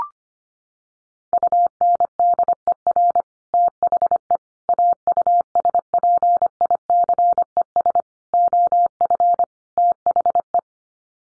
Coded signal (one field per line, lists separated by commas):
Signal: Morse code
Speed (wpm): 25 wpm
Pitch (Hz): 700 Hz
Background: none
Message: UNDER THE AUSPICES OF THE